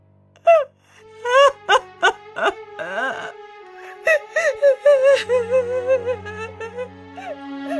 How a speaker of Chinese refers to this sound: 在母亲悲怆的痛哭声中，石毅维持着跪在地上的姿势，连一动都没动。